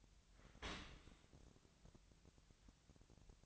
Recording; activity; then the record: daily activity, microphone in the room; open dishwasher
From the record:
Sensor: 3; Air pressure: 1003.0 hPa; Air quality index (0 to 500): 199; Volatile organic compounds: 6 ppm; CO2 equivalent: 1942 ppm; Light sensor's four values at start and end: 35/87/38/41 and 35/87/37/40